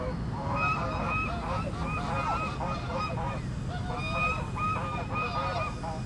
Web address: City Sounds AMBUrbn Goose Honk, Hiss, Duck